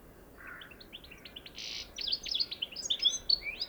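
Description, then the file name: European goldfinch song, a quick run of high liquid twitters building into a dense tinkling, buzzy phrase. "Carduelis carduelis"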